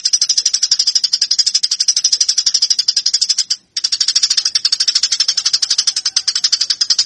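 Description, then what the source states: Eurasian tree sparrow giving a fast, harsh, rattling chatter of rapidly repeated high chirps, continuous apart from one brief break. Fighting call, used as a training master.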